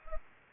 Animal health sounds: mosquito wingbeat signal from an infrared sensor; Culex pipiens

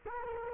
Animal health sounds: mosquito wingbeat signal from an infrared sensor; Culex quinquefasciatus

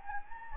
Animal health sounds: mosquito wingbeat signal from an infrared sensor; Anopheles gambiae

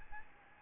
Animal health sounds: mosquito wingbeat signal from an infrared sensor; Aedes albopictus

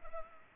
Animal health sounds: mosquito wingbeat signal from an infrared sensor; Culex pipiens

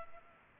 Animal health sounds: mosquito wingbeat signal from an infrared sensor; Culex pipiens

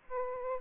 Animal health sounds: mosquito wingbeat signal from an infrared sensor; Aedes aegypti

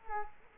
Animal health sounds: mosquito wingbeat signal from an infrared sensor; Culex quinquefasciatus

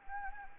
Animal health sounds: mosquito wingbeat signal from an infrared sensor; Anopheles gambiae

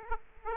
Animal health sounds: mosquito wingbeat signal from an infrared sensor; Aedes aegypti

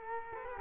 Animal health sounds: mosquito wingbeat signal from an infrared sensor; Culex quinquefasciatus

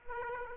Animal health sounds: mosquito wingbeat signal from an infrared sensor; Aedes aegypti

